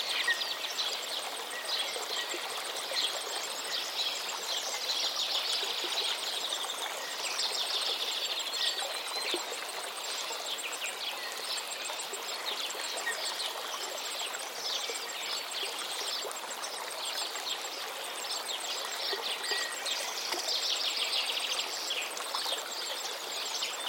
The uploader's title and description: Peaceful Forest Soundscape, Birds Singing & River Sounds In An Exquisite Forest. The rustle of leaves and the gentle sway of branches as a light breeze carries the symphony of birdsong